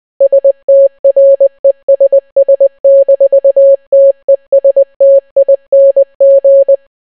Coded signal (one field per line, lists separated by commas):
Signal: Morse code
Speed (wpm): 20 wpm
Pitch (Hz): 550 Hz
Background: none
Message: STRESS-TESTING